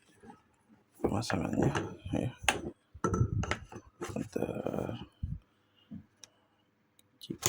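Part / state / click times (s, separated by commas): cutting attachment on a brush cutter shaft / seated / 7.5 s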